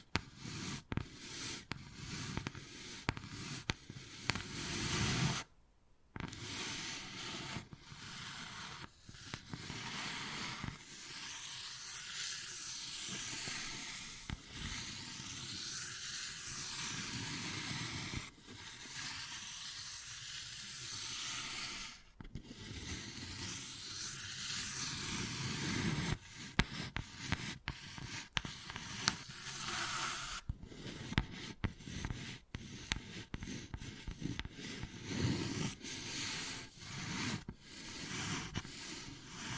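Wood carving with dense, scratchy scraping that fills most of the 40 seconds, a coarse hiss rising and falling as the tool strokes. Sharp taps and clicks come in quick irregular bursts, thickest in the first five seconds and again after 25 seconds, with a brief silence near 6 seconds.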